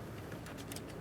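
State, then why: Not seated. The plastic electrical connector on the wiring harness of a new towing mirror for a 2015-2020 Ford F-150 is being handled and pressed toward its mating connector inside the door. Steady low background noise is heard, with a couple of brief, faint ticks near 0.7 s and 0.8 s. Nothing has seated or clicked yet.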